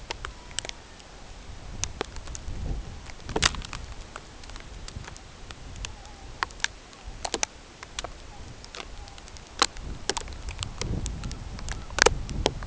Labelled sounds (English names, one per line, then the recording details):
unidentified sound
Tundra Swan
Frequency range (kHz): Tundra Swan 0.3-1.9 kHz
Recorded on Arctic tundra, site CORI-1, on 16 June 2018
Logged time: 18:00